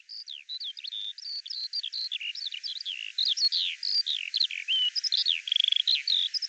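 Bird song of varied whistled and slurred notes, some rising, some falling, delivered steadily with a short trilled buzz near the end.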